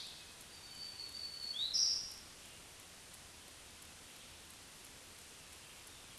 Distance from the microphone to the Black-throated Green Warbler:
about 20 m